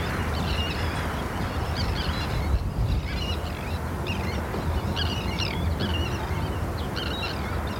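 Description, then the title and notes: Terns giving harsh, clipped cries in irregular clusters throughout, over continuous rain and low rumbling background noise. Calls of terns recorded from a wooden bird hide at a nature reserve in Cumbria in autumn rain. "listen to the exotic cries of terns at RSPB Hodbarrow nature reserve in Cumbria"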